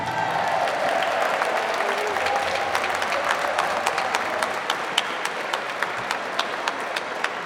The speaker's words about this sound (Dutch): Geef ze een hartelijk applaus, zeg ik, voor die koffie en de verzorging. En voor iedereen die op een schoon toilet heeft gezeten en heeft gezien dat de wc-papier is bijgevuld, zou ik willen zeggen een groot applaus voor de toiletgroep.